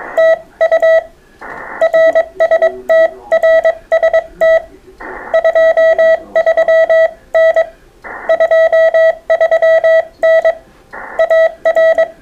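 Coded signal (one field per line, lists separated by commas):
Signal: Morse code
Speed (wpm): 22 wpm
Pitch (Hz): 650 Hz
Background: none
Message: TU RST RST 23N 23N AR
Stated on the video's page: CW group contacts on mostly 40m during the grey line hour, competing for the most contacts in an hour.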